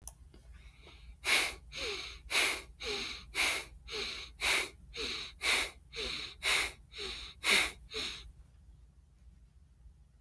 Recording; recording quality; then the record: shallow breathing; excellent, no background noise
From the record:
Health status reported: exposed to COVID-19, no respiratory illness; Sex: male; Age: 26 years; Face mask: not worn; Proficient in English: yes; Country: United States